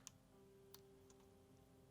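The second antenna coax connector is pressed onto the terminal of an M.2 WiFi card in a Dell laptop, with two faint ticks near 0.1 s and 0.7 s over a steady low hum. The connector has not clicked into place and is not on properly.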